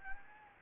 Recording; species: mosquito wingbeat signal from an infrared sensor; Anopheles gambiae